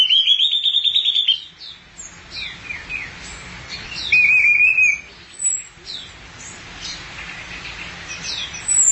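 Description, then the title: Thrush opens with a fast ringing trill, then a shorter trilled phrase and soft scattered chirps. "burung anis x"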